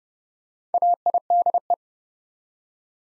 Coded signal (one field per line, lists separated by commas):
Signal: Morse code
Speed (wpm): 28 wpm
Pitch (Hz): 700 Hz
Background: none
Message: AIDE